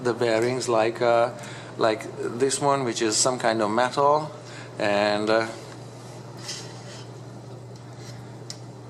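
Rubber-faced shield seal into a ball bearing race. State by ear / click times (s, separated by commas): seated / 8.5 s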